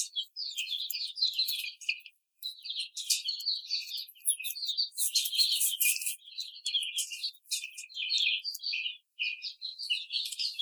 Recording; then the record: young laying hens in a cage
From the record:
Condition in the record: treatment cage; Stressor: simulated dog barking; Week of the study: 5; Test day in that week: 1